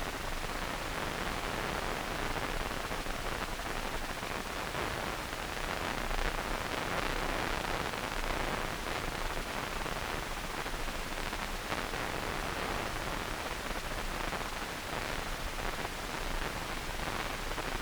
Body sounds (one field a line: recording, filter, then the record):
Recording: brain microelectrode recording played as sound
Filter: wide band, above 20 Hz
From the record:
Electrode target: subthalamic nucleus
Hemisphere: right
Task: reaching with the left hand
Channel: 2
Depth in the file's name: 1.506 mm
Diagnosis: Parkinson's disease